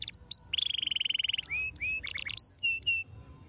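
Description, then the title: Belgian canary song: sweet whistled notes rising and falling, then a fast trill of rapid pulses, followed by bright slurred whistles and short chirps. Canary song played to make young canaries active and singing. "Canto Para Esquentar Canário Belga. RANGSANGAN SUARA BURUNG KENARI GACOR - BIKIN KENARI MUDA JADI AKTIF BUNYI DAN BERKICAU"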